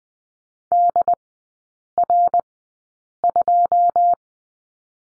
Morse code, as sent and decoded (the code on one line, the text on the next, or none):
-.. .-. ..---
DR2